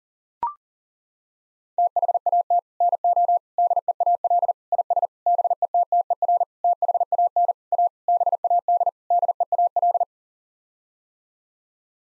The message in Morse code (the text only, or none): THAT NO DEAL IS BETTER THAN A BAD DEAL